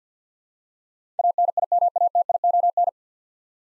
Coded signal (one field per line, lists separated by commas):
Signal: Morse code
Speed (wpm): 53 wpm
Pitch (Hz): 700 Hz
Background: none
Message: ANIMATION